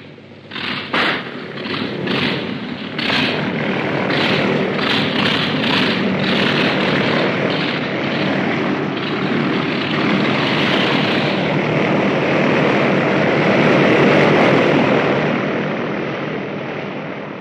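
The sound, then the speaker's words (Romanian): A propeller plane engine, started after the wheel chocks are pulled, coughs and sputters through a few uneven bursts, then catches and roars into a steady, loud drone at about 2000 rpm that builds slightly before easing off. “Dar greu s-a mai urnit. Iată, uite, 2000 de turații.”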